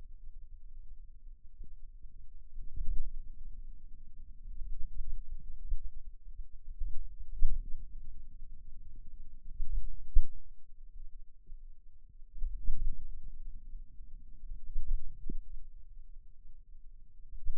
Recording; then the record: forearm muscle sounds (acoustic myography)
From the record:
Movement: pen grasping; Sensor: system 2, bracelet of six BSWA MPA416 microphones around the upper forearm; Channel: 5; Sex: male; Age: 22 years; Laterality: right